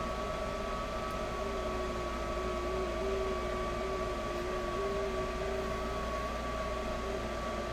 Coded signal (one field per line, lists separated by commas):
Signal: FT8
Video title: ham radio live: 6m ft8